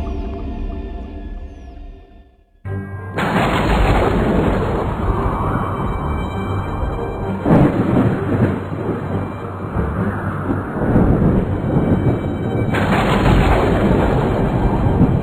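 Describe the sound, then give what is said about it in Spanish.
Rolling thunder from a storm, a deep continuous rumble that swells and eases for over ten seconds after a brief, quieter opening, with no voices. “Tres y seis minutos y esta tormenta a las 3:06, ¿por qué?”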